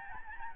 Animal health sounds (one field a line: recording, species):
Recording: mosquito wingbeat signal from an infrared sensor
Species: Aedes albopictus